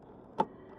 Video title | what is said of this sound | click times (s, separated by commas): 2025 KTM Duke 200 tamil walkaround - Best ever 200cc? - x1000rpm | just இங்க போனா lock ஆயிருது | 0.4 s